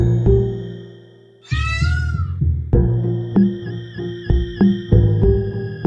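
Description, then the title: Peafowl call: one loud, wailing cry set among steady piano notes and rhythmic music. A peacock calling within a piano piece, entering after a few minutes of rhythmic musical awakening and continuing until the end. "le paon"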